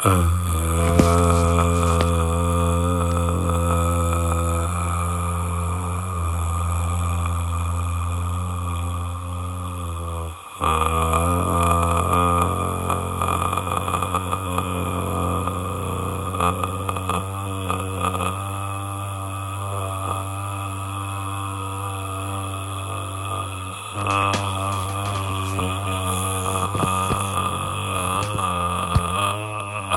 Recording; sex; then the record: sustained vowel /a/; male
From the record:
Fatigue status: fatigue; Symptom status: symptomatic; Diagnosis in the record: COVID-19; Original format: m4a